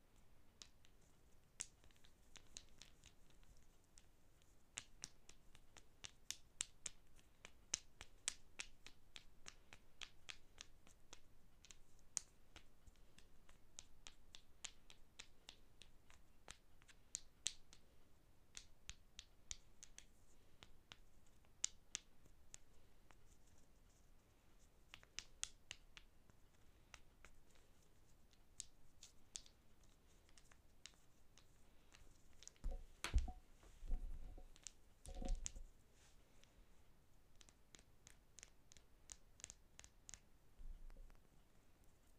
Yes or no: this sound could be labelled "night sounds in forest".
no